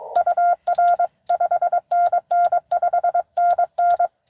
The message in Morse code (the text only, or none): UR 5NN 5NN